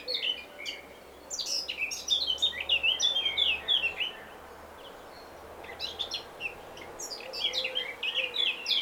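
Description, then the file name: Eurasian blackcap song: hurried, chattering warbles of bright notes, with a quiet gap between phrases. "Sylvia atricapilla"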